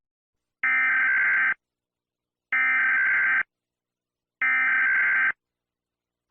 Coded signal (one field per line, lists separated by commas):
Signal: Emergency Alert System (SAME) tones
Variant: header bursts